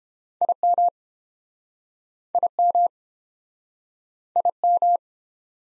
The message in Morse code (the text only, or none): IM IM IM